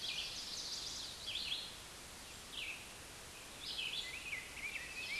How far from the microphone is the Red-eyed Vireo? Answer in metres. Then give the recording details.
about 10 m. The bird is about level with the microphone. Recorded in a Pennsylvania forest on 16 May 2024 at 09:08. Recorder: AudioMoth, point MSD-2287. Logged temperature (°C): 11.2 °C. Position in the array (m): 150 m, 27 m